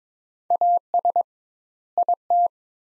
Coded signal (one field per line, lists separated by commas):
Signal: Morse code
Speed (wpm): 22 wpm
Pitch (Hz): 700 Hz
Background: none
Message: AS IT